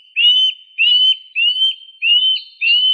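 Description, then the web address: Eurasian nuthatch giving clear whistled notes: five slightly rising whistles in steady succession, with short gaps between them. "Sitta europaea"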